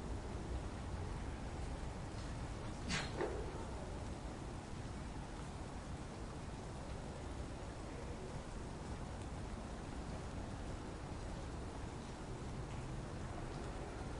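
Steady rain hisses over a low city rumble, dense and unchanging, with one brief bright swish near three seconds, like a passing splash.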